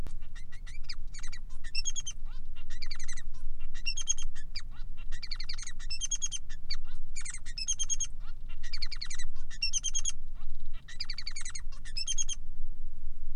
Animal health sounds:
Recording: song of a male Bengalese finch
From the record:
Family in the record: son of father 3

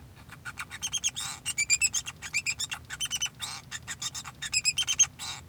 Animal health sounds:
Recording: song of a male Bengalese finch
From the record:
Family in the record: son of father 2

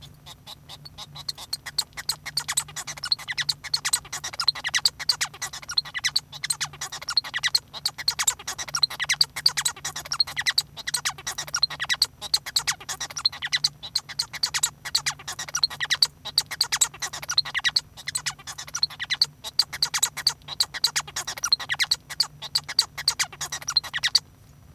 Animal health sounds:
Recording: song of a male Bengalese finch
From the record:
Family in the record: son of father 1

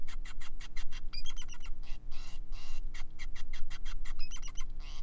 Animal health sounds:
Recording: song of a male Bengalese finch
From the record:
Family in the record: son of father 5

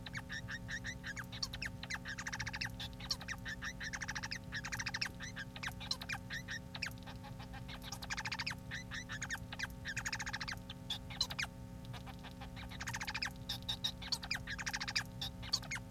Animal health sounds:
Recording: song of a male Bengalese finch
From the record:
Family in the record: son of father 4

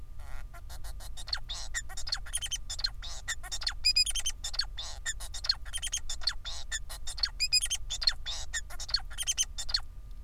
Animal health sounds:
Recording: song of a male Bengalese finch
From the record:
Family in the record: son of father 4

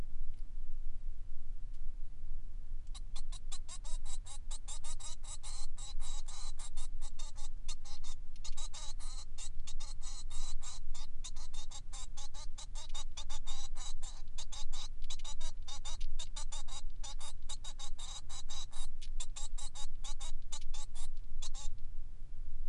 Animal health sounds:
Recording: song of a male Bengalese finch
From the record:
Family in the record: son of father 3

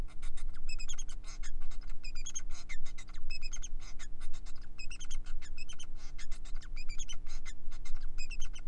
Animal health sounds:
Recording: song of a male Bengalese finch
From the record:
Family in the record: son of father 4

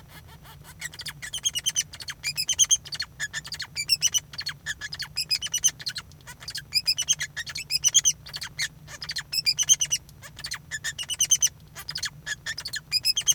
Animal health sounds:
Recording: song of a male Bengalese finch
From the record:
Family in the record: son of father 2

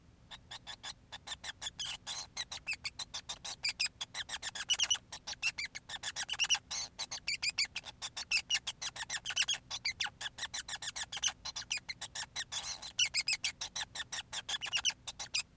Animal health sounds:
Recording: song of a male Bengalese finch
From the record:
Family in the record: son of father 5

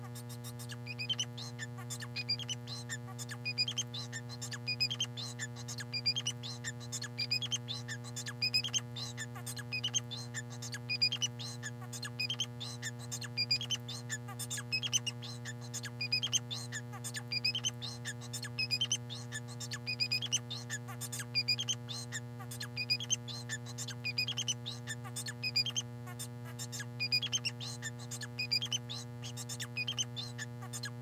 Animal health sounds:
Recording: song of a male Bengalese finch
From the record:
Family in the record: son of father 4

